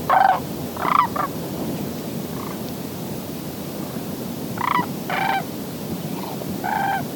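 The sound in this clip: Sandhill Crane calls: rolling, rattling bugles in short bursts, some paired, separated by short pauses, over a steady background hiss.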